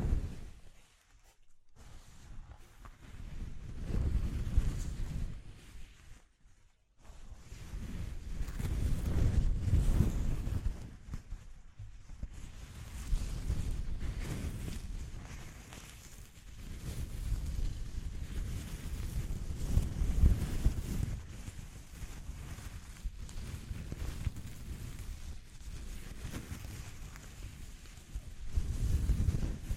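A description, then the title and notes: A rough, wind-like rumble sits mostly in the low end, swelling and easing in slow gusts. It nearly drops out around 1–2 and 6–7 seconds, then surges again near 10, 20 and 29 seconds, with a faint hiss above. ASMR Exploring Textures (No Talking).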